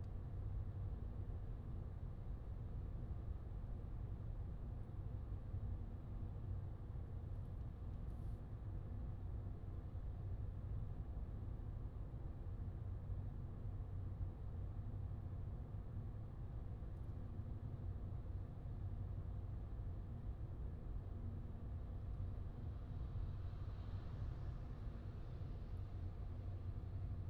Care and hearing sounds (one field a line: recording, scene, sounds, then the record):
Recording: everyday scene through a hearing-aid microphone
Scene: in a vehicle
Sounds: engine, highway driving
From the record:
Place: Skoda Fabia, gasoline engine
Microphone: in the ear canal, left